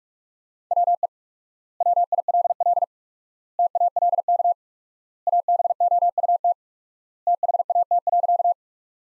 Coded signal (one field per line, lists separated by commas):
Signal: Morse code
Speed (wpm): 46 wpm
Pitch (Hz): 700 Hz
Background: none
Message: WE WILL TALK ABOUT THAT.